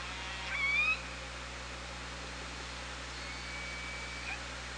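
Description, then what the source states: Killer whale call, one clear rising whistle-like call with harmonics early on, then fainter calls later, over steady hiss and low hum. Recorded by OrcaLab hydrophone on 24 August 2017 at 17:29.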